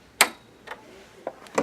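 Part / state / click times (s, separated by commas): bobbin case into sewing machine hook assembly / seated / 0.2 s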